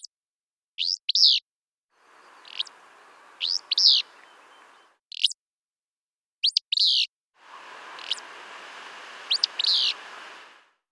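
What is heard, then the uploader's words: A willow flycatcher sings short, bright, buzzy phrases, each a quick pair of sharp notes, repeated about every one to two seconds. Between some songs there are dead-silent gaps, while others sit over a soft, airy hiss that switches on and off. Willow Flycatcher Cleaning. In rapid-fire succession here are a number of Willow Flycatcher song clips, each immediately followed by the original. The Willow Flycatcher, Empidonax traillii. Fitz-pew.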